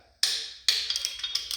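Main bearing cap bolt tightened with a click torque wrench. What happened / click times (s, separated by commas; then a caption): The torque wrench clicked over at its set torque / 0.2 s. A click torque wrench makes its final torque pass on a main bearing cap bolt of a Chevy 350 engine. A sharp, bright click at 0.2 s marks final torque being reached, followed by another strong tick at 0.7 s and lighter ticks around 0.9 to 1.4 s. The bolt is confirmed torqued to spec.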